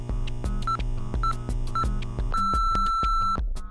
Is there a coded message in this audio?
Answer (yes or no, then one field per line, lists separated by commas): no